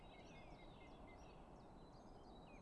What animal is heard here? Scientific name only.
Phylloscopus collybita